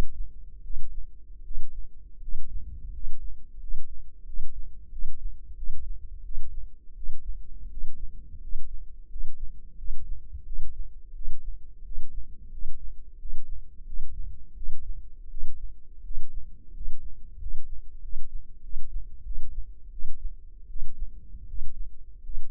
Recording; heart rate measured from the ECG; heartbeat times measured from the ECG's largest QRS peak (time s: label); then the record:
heart sounds by microphone in the left ear; 86 bpm
0.62 s: heartbeat
1.43 s: heartbeat
2.20 s: heartbeat
2.91 s: heartbeat
3.58 s: heartbeat
4.24 s: heartbeat
4.90 s: heartbeat
5.55 s: heartbeat
6.22 s: heartbeat
6.94 s: heartbeat
7.69 s: heartbeat
8.40 s: heartbeat
9.08 s: heartbeat
9.76 s: heartbeat
10.44 s: heartbeat
11.13 s: heartbeat
11.83 s: heartbeat
12.50 s: heartbeat
13.17 s: heartbeat
13.84 s: heartbeat
14.54 s: heartbeat
15.28 s: heartbeat
16.02 s: heartbeat
16.72 s: heartbeat
17.38 s: heartbeat
18.00 s: heartbeat
18.61 s: heartbeat
19.23 s: heartbeat
19.90 s: heartbeat
20.68 s: heartbeat
21.46 s: heartbeat
22.22 s: heartbeat
From the record:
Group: healthy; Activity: rest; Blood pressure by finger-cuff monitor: 131/74 mmHg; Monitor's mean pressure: 87 mmHg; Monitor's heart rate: 87 bpm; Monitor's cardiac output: 7.6 L/min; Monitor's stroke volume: 88 mL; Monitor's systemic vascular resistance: 830 dyn s/cm5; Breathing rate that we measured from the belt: 13 breaths a minute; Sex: male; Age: 23 years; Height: 179 cm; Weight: 87 kg